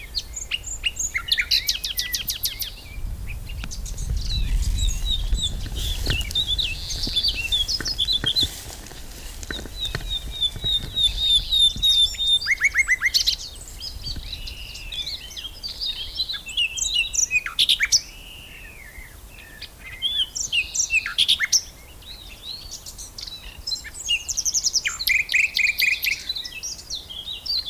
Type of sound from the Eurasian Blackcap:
song